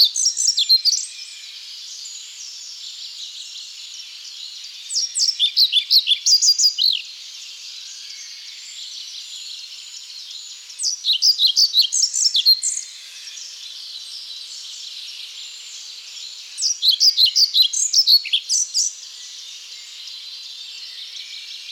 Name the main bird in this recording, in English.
European Pied Flycatcher